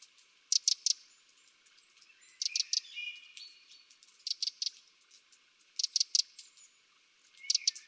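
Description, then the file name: Eurasian wren giving sharp ticking calls in short bursts of a few notes, repeated every one and a half to two seconds. "Troglodytes troglodytes"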